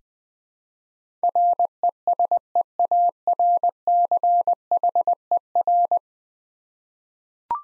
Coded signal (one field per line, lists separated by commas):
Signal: Morse code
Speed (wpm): 21 wpm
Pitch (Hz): 700 Hz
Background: none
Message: RESEARCHER